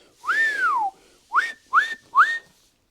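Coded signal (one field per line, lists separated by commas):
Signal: whistle signal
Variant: Australian dogman crane whistle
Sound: a human whistle: one long falling note, then three short rising notes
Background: small room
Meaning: Extend the telescopic boom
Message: 1 long, 3 short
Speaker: So, we want to do one long signal and three short.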